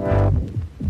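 Low, muffled heart thumps recur about every half second in an adult heart heard by stethoscope, each followed by a soft blowing hum between beats. This is a blowing systolic murmur with occasional premature beats: turbulent flow during each contraction, with some beats arriving early.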